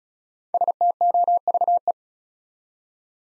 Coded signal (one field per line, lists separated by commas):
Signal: Morse code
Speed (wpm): 35 wpm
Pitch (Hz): 700 Hz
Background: none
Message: STOVE